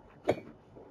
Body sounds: background sound without coughing

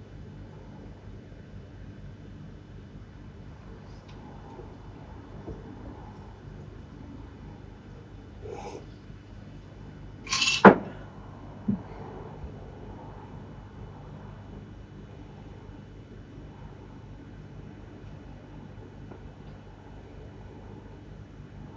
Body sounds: background sound without coughing

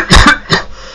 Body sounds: coughing

